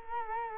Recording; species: mosquito wingbeat signal from an infrared sensor; Culex quinquefasciatus